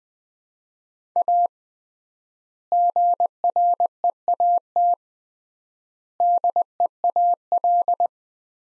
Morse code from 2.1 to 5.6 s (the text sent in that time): GREAT